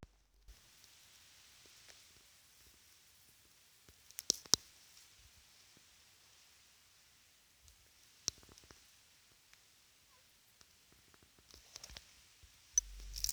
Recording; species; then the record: mosquito flight sound by mobile phone; Aedes sierrensis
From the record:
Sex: female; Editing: field recording with all noises